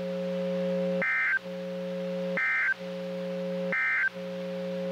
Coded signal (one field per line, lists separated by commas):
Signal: Emergency Alert System (SAME) tones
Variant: end-of-message bursts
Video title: Severe Thunderstorm Watch (EAS #840)